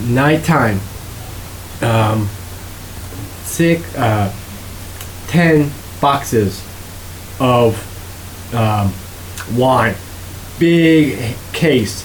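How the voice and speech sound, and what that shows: An adult man who survived a stroke speaks slowly in short, effortful fragments ("nighttime... um... ten boxes of... wine, big case"), with pauses of about a second and fillers between words. This halting, telegraphic speech with missing grammatical words fits non-fluent aphasia after stroke.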